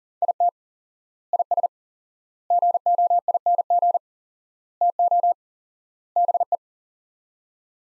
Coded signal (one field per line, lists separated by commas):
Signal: Morse code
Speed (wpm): 37 wpm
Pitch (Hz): 700 Hz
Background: none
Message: IT IS GOING TO BE